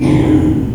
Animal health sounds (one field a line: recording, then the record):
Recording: squeal of a Yucatan mini pig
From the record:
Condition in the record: before surgery on the right vocal fold (resection and tissue-engineered implant)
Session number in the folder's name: 1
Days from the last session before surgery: -3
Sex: male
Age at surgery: 12 weeks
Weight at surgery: 13 kg